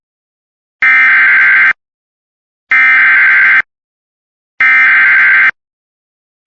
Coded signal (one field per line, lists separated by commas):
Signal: Emergency Alert System (SAME) tones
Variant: header bursts